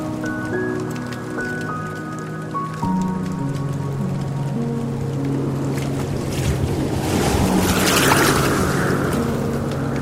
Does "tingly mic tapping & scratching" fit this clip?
no